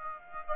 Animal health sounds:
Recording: mosquito wingbeat signal from an infrared sensor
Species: Aedes aegypti

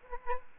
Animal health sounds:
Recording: mosquito wingbeat signal from an infrared sensor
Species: Aedes aegypti

